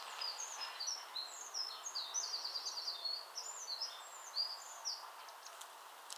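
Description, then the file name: Eurasian wren song: a long, rapid stream of high, bright, warbling notes and trills over steady background noise. "Troglodytes troglodytes"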